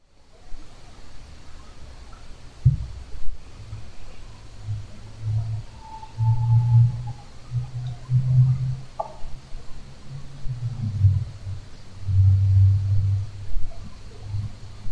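Deep, growl-like rumbling snores every few seconds, with a sharp, heavy knock early on; ordinary snoring of an adult sleeping under a tarp at a campsite around 3:30 a.m.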